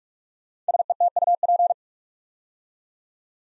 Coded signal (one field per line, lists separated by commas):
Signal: Morse code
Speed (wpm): 44 wpm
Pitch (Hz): 700 Hz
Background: none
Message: SETUP